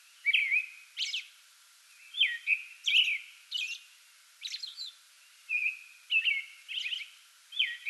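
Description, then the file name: American robin song: a steady run of slurred whistled phrases mixed with high thin screechy notes, each phrase separated by brief gaps, no other sounds clearly heard. Pre-dawn song bout, recorded 8 May 2022. "2022-05-08 American Robin pre-dawn song bout"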